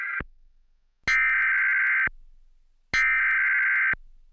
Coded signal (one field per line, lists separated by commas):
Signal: Emergency Alert System (SAME) tones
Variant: header bursts